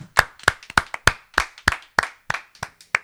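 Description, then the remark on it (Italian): Applause made of sharp, distinct hand claps in a steady rhythm, about ten loud claps roughly a third of a second apart, with no voices. “Applausi, il senso... veri, applausi veri.”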